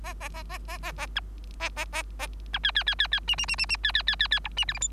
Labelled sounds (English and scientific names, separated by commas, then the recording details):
Bengalese Finch (Lonchura striata domestica) song
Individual Bird3